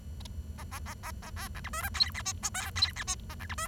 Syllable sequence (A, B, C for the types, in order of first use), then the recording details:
A A A A A B C D E F G H I J K G H I A C D E. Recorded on 23 June 2012 at 11:06. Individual gr41rd51